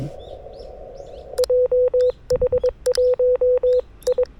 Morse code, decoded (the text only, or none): JH1I